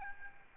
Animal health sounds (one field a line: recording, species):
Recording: mosquito wingbeat signal from an infrared sensor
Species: Aedes albopictus